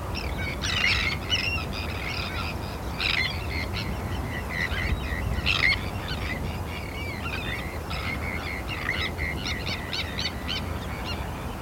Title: Sound Escape 32: listening to cries of terns from a bird hide at Hodbarrow, Cumbria